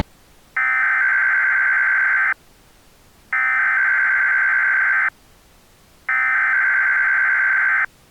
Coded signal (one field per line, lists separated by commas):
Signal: Emergency Alert System (SAME) tones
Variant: header bursts